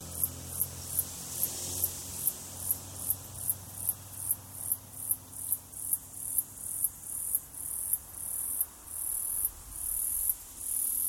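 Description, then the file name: Cicada call: a rapid series of high, hissing buzzy pulses that merge into a steady continuous buzz near the end. Australia; short and long calls. "INSECT AUS CICADA SHORT LONG"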